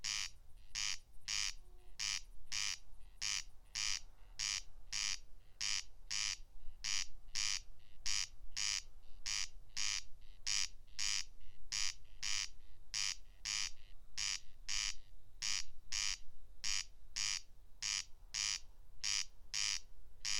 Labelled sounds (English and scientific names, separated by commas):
Corn Crake (Crex crex) song